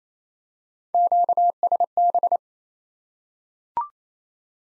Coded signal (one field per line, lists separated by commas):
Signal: Morse code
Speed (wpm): 28 wpm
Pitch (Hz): 700 Hz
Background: none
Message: QSB